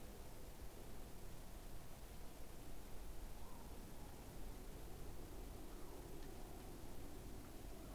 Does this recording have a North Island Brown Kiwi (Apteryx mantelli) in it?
no